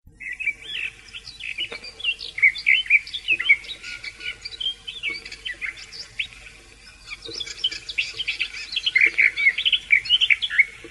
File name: slavka sadovaja